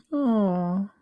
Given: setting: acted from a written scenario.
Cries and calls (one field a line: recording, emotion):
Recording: vocal sound without words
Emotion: adoration